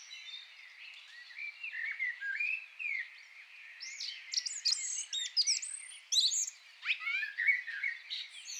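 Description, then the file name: Eurasian blackbird giving soft warbled notes that build into louder high squeaks and sharp rising chips toward the end. "Turdus merula"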